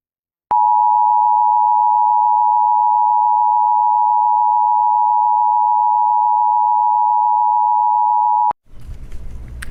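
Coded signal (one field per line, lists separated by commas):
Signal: Emergency Alert System (SAME) tones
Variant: 853 and 960 Hz attention tone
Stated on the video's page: Nuclear power plant EAS test.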